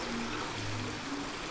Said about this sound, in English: The water finds its way through as ever.